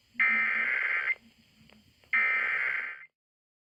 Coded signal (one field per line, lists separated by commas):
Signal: Emergency Alert System (SAME) tones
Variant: header bursts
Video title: Texas Required Monthly Tests (EAS #524-525)